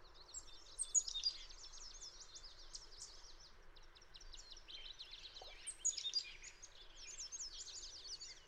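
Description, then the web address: Fox sparrow: two louder runs of quick, high slurred notes, with fainter similar notes continuing between them. "birdsongforthecurious Fox Sparrow"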